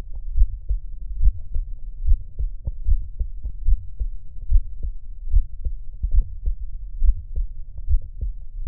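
A heartbeat at about 71 beats a minute, with a soft, low, humming murmur filling the gaps between the heart sounds. This is a Still's murmur in an 18-year-old man, heard at its typical site between the left sternal border and the left midclavicular line, just below nipple level. It is an innocent murmur common in healthy young people.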